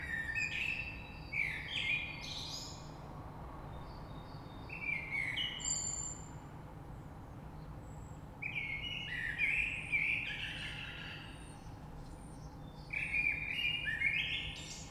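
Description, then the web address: Common blackbird delivering several short phrases of mellow whistles with squeaky high flourishes, spaced a few seconds apart, over a low background hum. Recorded 3 March 2020. "oiseaux Rush Merle 3-3-2020"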